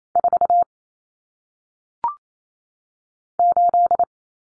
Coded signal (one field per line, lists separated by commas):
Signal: Morse code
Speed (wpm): 28 wpm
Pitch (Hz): 700 Hz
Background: none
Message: 4 8